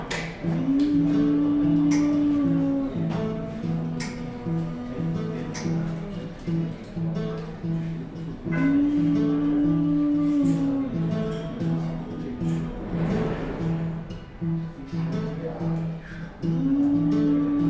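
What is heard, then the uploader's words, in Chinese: Sitting in a café, a steady murmur of voices and room noise fills the space without pause. A low sustained tone, like a machine or music, hums underneath, with a clearer held note rising near the start, around nine seconds, and again at the end. Occasional clinks and knocks cut through. 坐在咖啡馆有点开心｜城市声音。北京地坛旁边 没有特地录说话声。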